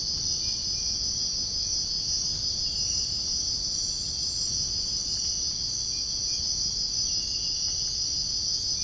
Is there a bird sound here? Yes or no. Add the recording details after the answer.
no. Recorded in dense forest near Puerto Asís, Putumayo, Colombia, on 22 June 2025 at 05:00. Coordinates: 0.481, -76.323. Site G072